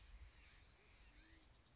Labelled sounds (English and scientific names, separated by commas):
Band-tailed Pigeon (Patagioenas fasciata)